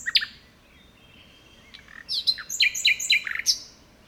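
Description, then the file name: Common nightingale song: sharp downslurred note, a soft thin whistle, then a lively run of repeated notes. "Luscinia megarhynchos"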